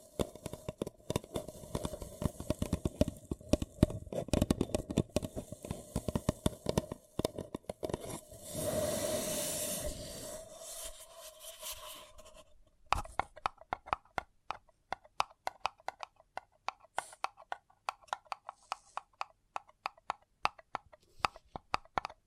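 Paper cup tingles: dense crinkling and tapping fill the first half, joined by a steady thin tone, with a soft rushing swell around nine seconds. After about thirteen seconds it turns sparser, with crisp separate taps and clicks at a fairly even pace.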